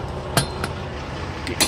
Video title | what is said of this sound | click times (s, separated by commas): Tahoe's Teardown: How To Replace Brake Calipers (Save Hundreds of $$$) | clicks just so you're so you're satisfied again | 0.4 s